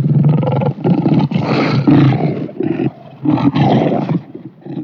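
Lion roaring: deep, rough, drawn-out roars in several loud bursts, rising and falling with short gaps between them.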